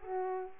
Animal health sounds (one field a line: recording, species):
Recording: mosquito wingbeat signal from an infrared sensor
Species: Aedes aegypti